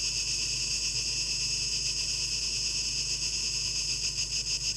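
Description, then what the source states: Cicadas in a steady, dense high-pitched buzzing chorus with faint shimmering pulses and no breaks; a low hum sits underneath. Recorded 12 August 2023, heard as a tape echo mix.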